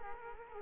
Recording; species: mosquito wingbeat signal from an infrared sensor; Culex quinquefasciatus